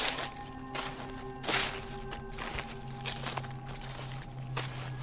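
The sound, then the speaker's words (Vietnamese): Slow, irregular footsteps sound outside in the dark at night in front of a hut, with no one to be seen: a handful of soft scuffing steps spaced about a second apart over a steady low hum, with no voices. “Tiếng bước chân vẫn cứ vang lên, thế nhưng tuyệt đối không có ai hết.”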